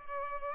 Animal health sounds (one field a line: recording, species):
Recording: mosquito wingbeat signal from an infrared sensor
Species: Culex pipiens